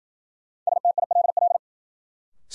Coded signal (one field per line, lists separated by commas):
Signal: Morse code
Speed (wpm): 55 wpm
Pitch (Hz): 700 Hz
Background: none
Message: STILL